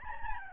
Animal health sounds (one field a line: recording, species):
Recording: mosquito wingbeat signal from an infrared sensor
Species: Aedes albopictus